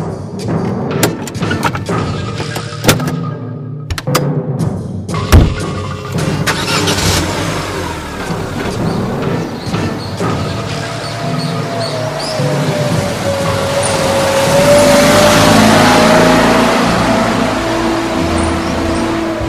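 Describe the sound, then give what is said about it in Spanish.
A few sharp clicks and thumps, then a car engine starts and settles into a steady rumble before revving up, its pitch climbing as the vehicle accelerates and drives off. “Subamos al coche.”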